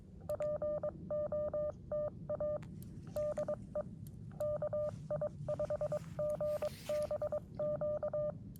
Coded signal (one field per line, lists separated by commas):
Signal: Morse code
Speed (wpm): 22 wpm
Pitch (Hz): 600 Hz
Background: none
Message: POTA DE KI5GBQ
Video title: Afternoon Morse Code POTA activation 1/15/25